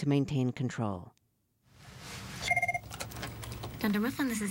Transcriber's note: soundbite of phone ringing